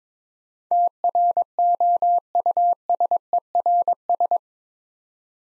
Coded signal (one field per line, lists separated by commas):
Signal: Morse code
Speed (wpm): 22 wpm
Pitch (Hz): 700 Hz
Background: none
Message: TROUSERS